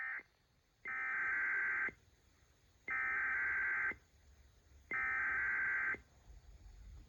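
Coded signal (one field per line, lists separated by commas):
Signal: Emergency Alert System (SAME) tones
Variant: header bursts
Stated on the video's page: IPAWS CAP weekly tests and civil alerts.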